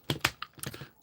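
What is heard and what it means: A plastic part on a slider of a Transformers Megatron Megatank figure is slid up until it clicks and then pressed down into place. Several sharp plastic clicks and taps are heard, with the loudest click at 0.3 seconds as the part presses down and seats.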